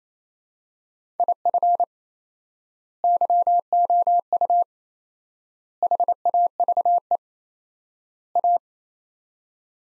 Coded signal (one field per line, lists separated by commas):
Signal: Morse code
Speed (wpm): 28 wpm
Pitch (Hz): 700 Hz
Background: none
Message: IF YOU HAVE A